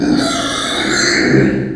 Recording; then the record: squeal of a Yucatan mini pig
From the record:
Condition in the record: before surgery on the right vocal fold (resection and tissue-engineered implant); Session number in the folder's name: 3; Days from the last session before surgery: 0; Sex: female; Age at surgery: 19 weeks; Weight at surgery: 25 kg